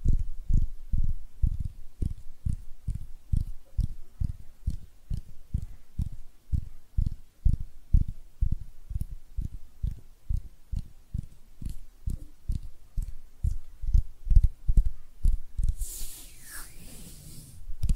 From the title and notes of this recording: ASMR Relaxing Hand Sounds (No Talking).